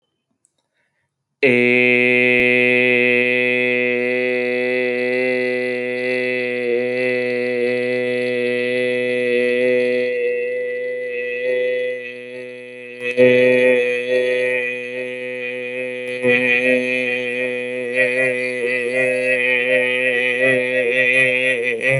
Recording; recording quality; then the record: sustained vowel as in made; excellent, no background noise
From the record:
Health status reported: exposed to COVID-19, no respiratory illness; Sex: male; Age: 26 years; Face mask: not worn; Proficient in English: yes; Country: India